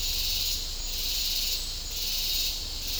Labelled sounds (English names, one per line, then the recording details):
none
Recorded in dense forest near Puerto Asís, Putumayo, Colombia, on 20 December 2024 at 09:30
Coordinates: 0.499, -76.324
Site G045